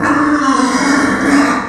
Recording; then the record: squeal of a Yucatan mini pig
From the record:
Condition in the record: after surgery on the right vocal fold (resection and tissue-engineered implant); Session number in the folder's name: 4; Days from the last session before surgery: 26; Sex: female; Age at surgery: 19 weeks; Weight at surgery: 25 kg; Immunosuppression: prednisolone